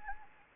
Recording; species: mosquito wingbeat signal from an infrared sensor; Anopheles gambiae